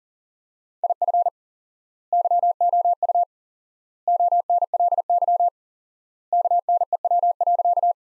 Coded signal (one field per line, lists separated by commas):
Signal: Morse code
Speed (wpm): 40 wpm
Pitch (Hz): 700 Hz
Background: none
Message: IF YOU ONLY KNEW.